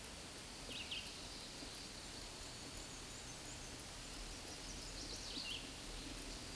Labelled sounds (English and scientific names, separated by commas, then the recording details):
Black-and-white Warbler (Mniotilta varia) song
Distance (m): 70 m
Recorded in a Pennsylvania forest on 18 May 2023 at 13:51
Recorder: AudioMoth, point grid1_7_low
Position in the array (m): 90 m, 46 m